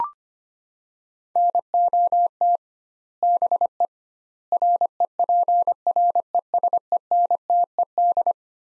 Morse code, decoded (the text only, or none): NOT BE REPRESENTED